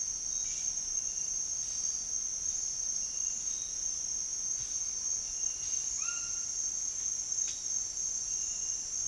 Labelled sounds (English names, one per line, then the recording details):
none
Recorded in dense forest near Puerto Asís, Putumayo, Colombia, on 13 March 2025 at 08:00
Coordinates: 0.503, -76.323
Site GP09